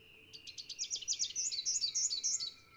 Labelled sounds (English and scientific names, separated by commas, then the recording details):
Rufous-capped Warbler (Basileuterus rufifrons) song
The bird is a male
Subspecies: rufifrons
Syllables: 18
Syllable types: 5
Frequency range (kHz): 2.8-7.1 kHz
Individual CS-BYNS-M